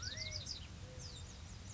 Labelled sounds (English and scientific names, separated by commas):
Bewick's Wren (Thryomanes bewickii)